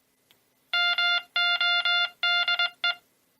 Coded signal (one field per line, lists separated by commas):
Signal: Morse code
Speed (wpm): 21 wpm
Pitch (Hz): 3500 Hz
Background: music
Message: MODE